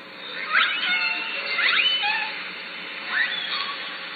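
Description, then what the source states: Killer whale pulsed calls, several bright upswept squeals in quick bursts near the start, middle and end, over a steady underwater hiss. Southern Resident killer whale calls at Lime Kiln in June.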